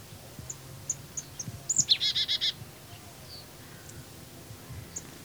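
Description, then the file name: Marsh tit call: a sharp high note followed by a rapid buzzy series of five harsh notes, with scattered faint high chips before and after. "Poecile palustris"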